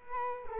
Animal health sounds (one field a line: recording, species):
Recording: mosquito wingbeat signal from an infrared sensor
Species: Culex quinquefasciatus